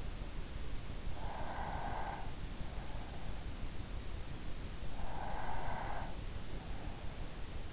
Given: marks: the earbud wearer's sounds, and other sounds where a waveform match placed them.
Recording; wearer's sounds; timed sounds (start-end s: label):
sounds in sleep by an in-ear microphone; breath
1.03-2.80 s: breath
4.92-6.86 s: breath